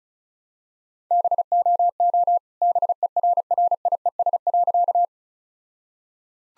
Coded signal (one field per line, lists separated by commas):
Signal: Morse code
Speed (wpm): 34 wpm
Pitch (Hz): 700 Hz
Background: none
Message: BOO BERRIES.